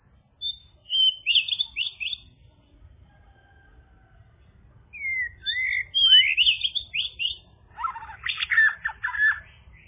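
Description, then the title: Songbird chirping in short bursts of bright, rapid twittering notes, pausing midway, then resuming with sweeping phrases and a dense scratchy burst near the end. "kikicau"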